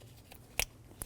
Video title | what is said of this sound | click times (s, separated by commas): How to Replace Serpentine Belt Idler Pulley 2019-2025 Ram 2500 6.7L L6 | Push until you hear a click. | 0.6 s